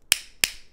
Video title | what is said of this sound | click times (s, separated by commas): Costco Kirkland Signature Driver Review | And what you want to do if you do make some changes, you want to hear two clicks | 0.1 s, 0.4 s